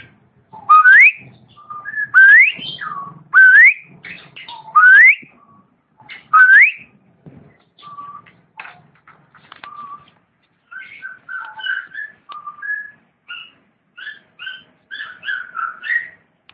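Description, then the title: Long-tailed shrike song opening with five loud rising whistles, then shifting to softer, varied chirped and whistled notes. "Kicau Burung Pentet"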